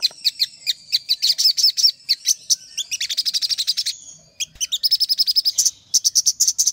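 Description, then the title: Little spiderhunter song: crisp high chips lead into a dense buzzy trill. A short pause follows, then more quick chipping runs at high pitch. Master song recording titled Labaik, used for training songbirds. "Masteran Burung Sogok Ontong Labaik"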